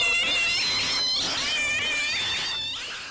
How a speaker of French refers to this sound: Ce n'est rien. Ce ne sont que des chats. Ce n'est pas grave.